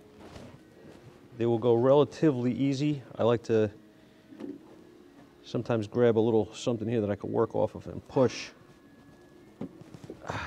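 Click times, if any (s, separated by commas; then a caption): 9.6 s, 10.1 s. Someone talks while crimped test-lead wire terminals are pushed into a plastic connector housing. Two short clicks are heard at 9.6 s and 10.1 s as the terminals snap into place and seat.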